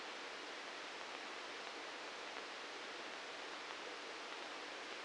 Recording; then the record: brain microelectrode recording played as sound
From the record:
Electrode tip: outside the subthalamic nucleus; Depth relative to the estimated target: -3 mm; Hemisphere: right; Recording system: NeuroSet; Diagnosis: Parkinson's disease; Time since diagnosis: 9 years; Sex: male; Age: 61 years